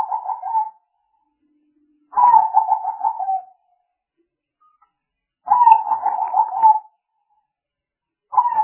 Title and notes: Pikat Burung Tekukur. Kumpulan suara burung tekukur